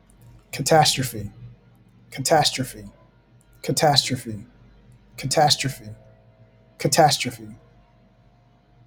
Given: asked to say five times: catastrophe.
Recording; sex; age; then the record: repeated word; male; 40 to 49 years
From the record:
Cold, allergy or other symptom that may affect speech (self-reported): no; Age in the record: 42 years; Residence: Georgia, United States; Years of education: 16